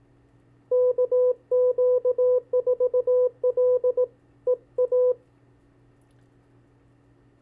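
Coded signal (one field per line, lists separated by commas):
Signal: Morse code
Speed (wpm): 18 wpm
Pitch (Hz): 500 Hz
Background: none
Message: KQ4LEA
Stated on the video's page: Callsign copy practice, 40 calls sent at 15 and 18 wpm.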